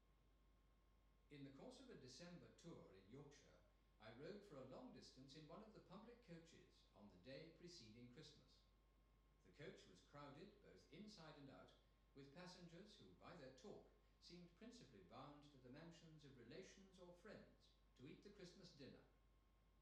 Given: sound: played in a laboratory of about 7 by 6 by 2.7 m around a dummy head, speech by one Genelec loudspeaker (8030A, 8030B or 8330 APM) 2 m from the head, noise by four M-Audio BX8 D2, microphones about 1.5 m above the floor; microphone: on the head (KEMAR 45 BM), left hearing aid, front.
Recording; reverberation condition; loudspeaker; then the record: male speech in English; medium; 30 degrees to the right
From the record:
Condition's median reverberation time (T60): about 510 ms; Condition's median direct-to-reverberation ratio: about -0.5 dB